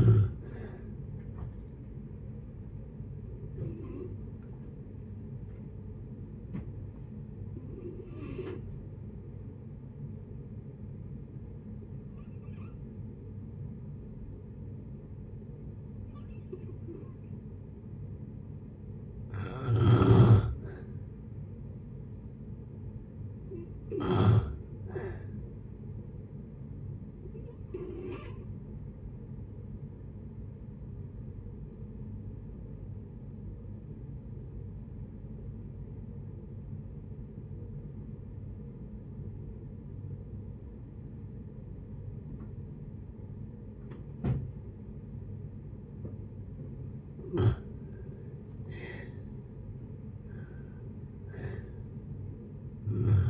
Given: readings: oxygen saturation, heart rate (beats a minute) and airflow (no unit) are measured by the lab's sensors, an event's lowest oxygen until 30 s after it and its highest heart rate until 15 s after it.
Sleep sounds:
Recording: breathing in sleep by a smartphone at the bedside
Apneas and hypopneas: 2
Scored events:
4.00-20.70 s: hypopnea (N2, oxygen 96% highest, then 89% lowest, heart rate 68 at the start, 68 highest)
31.00-48.10 s: obstructive apnea (N2, oxygen 94% highest, then 81% lowest, heart rate 66 at the start, 73 highest)
36.00-53.30 s: new sleep stage, N1 (lightest sleep)
From the record:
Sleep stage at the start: N2 (light sleep)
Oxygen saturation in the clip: 86 to 96%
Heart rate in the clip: 54 to 70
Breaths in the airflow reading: 10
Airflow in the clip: -6.4 to 7.5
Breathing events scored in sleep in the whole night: 496 in 5.4 hours asleep

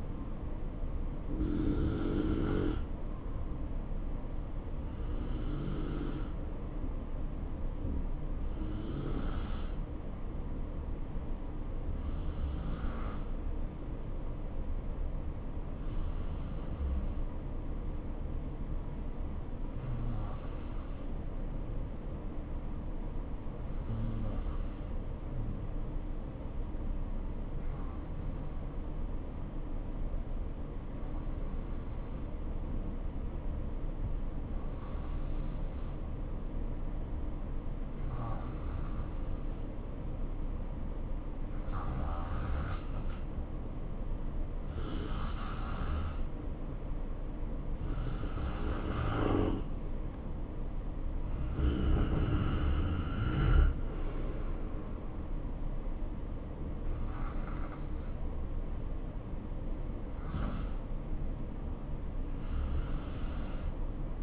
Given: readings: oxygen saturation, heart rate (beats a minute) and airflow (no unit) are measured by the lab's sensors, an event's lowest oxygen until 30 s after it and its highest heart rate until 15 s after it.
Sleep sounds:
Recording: breathing in sleep by a smartphone at the bedside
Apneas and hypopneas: none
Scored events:
9.00-64.23 s: new sleep stage, N2 (light sleep)
From the record:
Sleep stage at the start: N1 (lightest sleep)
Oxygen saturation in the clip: 89 to 93%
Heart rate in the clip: 59 to 67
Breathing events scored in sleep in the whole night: 277 in 7.4 hours asleep

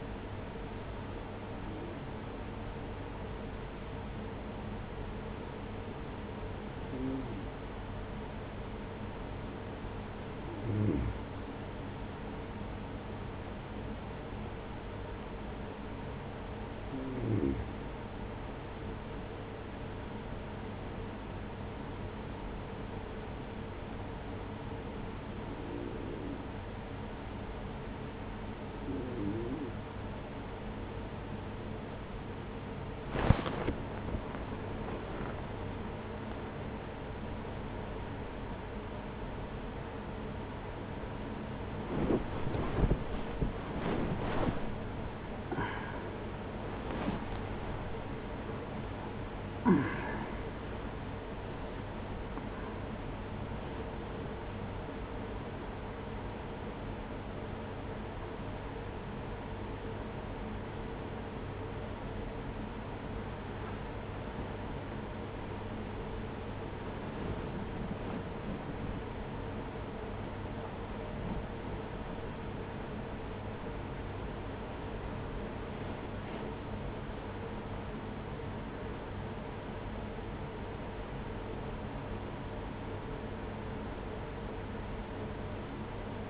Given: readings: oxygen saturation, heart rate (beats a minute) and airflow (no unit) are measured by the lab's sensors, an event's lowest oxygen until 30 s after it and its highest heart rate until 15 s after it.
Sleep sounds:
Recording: a person awake in a sleep study, by a voice recorder at the bedside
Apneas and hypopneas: 1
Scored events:
11.00-34.10 s: hypopnea (N2, oxygen 94% highest, then 91% lowest, heart rate 53 at the start, 75 highest)
40.00-86.30 s: new sleep stage, awake
51.00-86.30 s: awake
From the record:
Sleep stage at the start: N2 (light sleep)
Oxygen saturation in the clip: 91 to 97%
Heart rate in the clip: 36 to 84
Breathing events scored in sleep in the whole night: 210 in 6.9 hours asleep

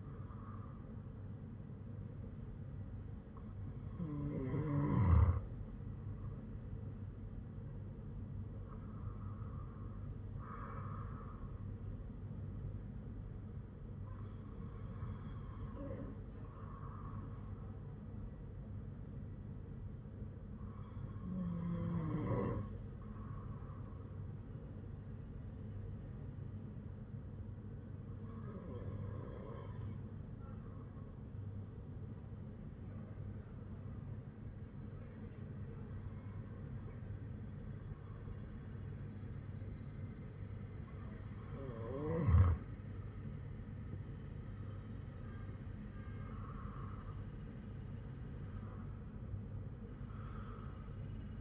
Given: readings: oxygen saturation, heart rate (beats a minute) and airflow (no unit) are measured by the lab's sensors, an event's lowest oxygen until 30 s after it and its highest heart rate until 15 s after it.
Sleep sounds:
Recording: breathing in sleep by a smartphone at the bedside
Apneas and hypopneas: 1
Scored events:
28.00-45.40 s: hypopnea (N2, oxygen 97% highest, then 93% lowest, heart rate 55 at the start, 62 highest)
From the record:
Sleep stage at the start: N2 (light sleep)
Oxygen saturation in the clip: 94 to 97%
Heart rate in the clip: 50 to 62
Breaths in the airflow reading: 10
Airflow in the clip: -7.1 to 7.1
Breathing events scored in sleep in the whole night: 182 in 7.4 hours asleep

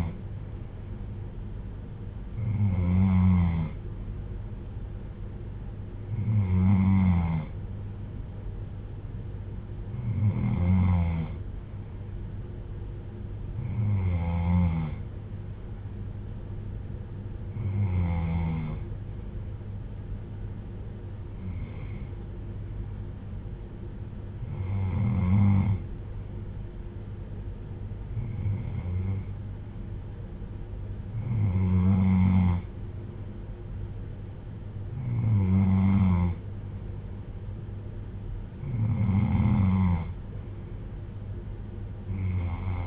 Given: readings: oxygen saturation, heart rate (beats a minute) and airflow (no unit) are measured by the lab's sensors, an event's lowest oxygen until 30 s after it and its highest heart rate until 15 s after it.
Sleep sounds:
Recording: breathing in sleep by a smartphone at the bedside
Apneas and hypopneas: none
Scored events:
none scored
From the record:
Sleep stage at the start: N3 (deep sleep)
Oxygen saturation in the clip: 93 to 95%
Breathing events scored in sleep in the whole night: 310 in 8.1 hours asleep

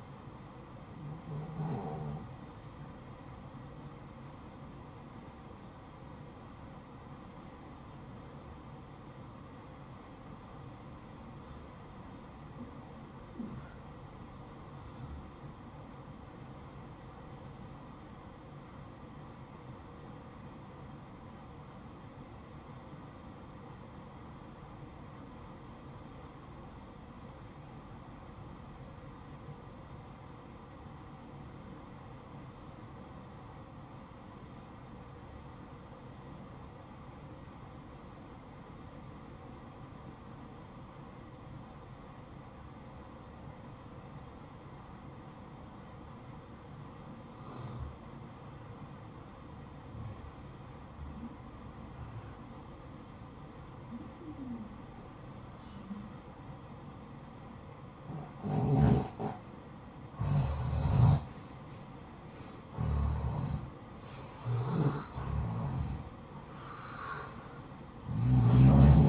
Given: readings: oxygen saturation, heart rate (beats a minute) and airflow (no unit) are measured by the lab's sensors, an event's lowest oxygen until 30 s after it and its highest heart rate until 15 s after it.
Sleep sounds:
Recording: breathing in sleep by a smartphone at the bedside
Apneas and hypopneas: 1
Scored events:
8.00-59.50 s: obstructive apnea (REM, oxygen 95% highest, then 80% lowest, heart rate 57 at the start, 75 highest)
From the record:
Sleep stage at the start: REM sleep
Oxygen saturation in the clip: 81 to 95%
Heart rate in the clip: 56 to 75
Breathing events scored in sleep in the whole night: 573 in 9.8 hours asleep

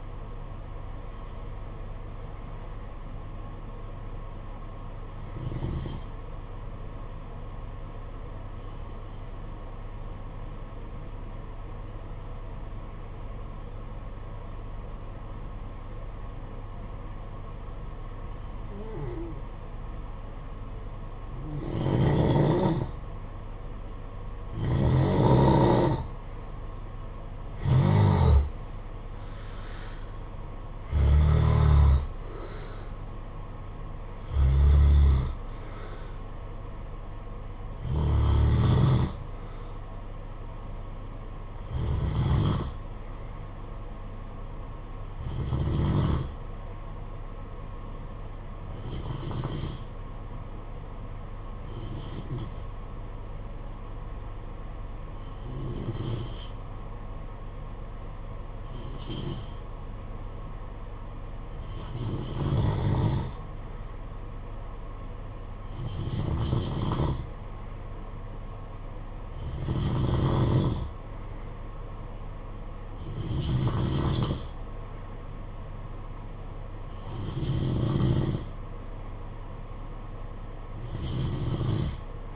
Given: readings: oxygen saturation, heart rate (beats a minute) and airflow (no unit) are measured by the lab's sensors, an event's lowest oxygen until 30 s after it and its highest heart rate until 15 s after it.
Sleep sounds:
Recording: breathing in sleep by a smartphone at the bedside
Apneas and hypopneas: 2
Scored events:
6.00-23.80 s: hypopnea (N2, oxygen 95% highest, then 87% lowest, heart rate 51 at the start, 66 highest)
49.00-69.20 s: hypopnea (N2, oxygen 94% highest, then 91% lowest, heart rate 50 at the start, 54 highest)
From the record:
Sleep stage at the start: N2 (light sleep)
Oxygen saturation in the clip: 87 to 95%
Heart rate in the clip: 50 to 66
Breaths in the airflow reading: 23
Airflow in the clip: -10.8 to 9.7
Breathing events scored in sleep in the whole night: 476 in 9.7 hours asleep

